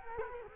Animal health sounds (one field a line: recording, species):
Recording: mosquito wingbeat signal from an infrared sensor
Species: Culex quinquefasciatus